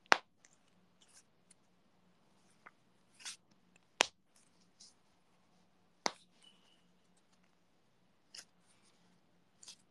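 Several sharp, dry pops and clicks come at irregular intervals, about six in ten seconds, with three standing out as loudest, in a quiet indoor room. These are cracking sounds from an adult's hand joints, ordinary knuckle popping made by bending the hands.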